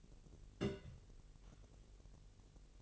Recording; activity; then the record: daily activity, microphone in the room; place on stove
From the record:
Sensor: 4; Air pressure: 1002.9 hPa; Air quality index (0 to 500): 243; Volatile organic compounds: 11 ppm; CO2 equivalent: 2283 ppm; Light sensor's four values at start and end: 8/17/7/7 and 8/17/7/7